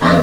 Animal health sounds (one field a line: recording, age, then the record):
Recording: pig call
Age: piglet (1 to 25 days)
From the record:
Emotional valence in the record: positive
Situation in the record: reunion after long isolation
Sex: female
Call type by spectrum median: low-frequency call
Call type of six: low-frequency tonal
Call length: 0.23 s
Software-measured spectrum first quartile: 268 Hz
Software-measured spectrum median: 616 Hz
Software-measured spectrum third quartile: 1276 Hz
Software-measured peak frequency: 262 Hz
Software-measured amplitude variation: 79 dB a second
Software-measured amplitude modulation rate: 23.8 a second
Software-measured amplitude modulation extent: 3.3 dB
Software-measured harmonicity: -0.1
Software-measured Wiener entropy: -1.15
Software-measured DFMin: 883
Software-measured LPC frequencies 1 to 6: 504, 1175, 1821, 3764, 5413, 7060 Hz